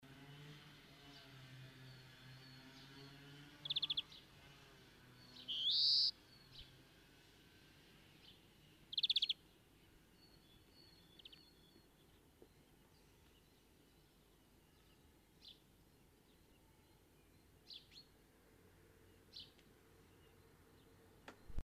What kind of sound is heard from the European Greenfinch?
song